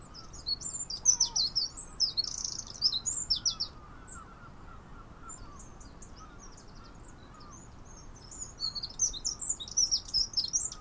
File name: Troglodytes troglodytes